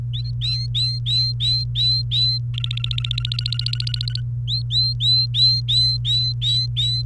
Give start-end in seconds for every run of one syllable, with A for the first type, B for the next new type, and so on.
0.14-2.38 A, 2.54-4.21 B, 4.48-7.02 A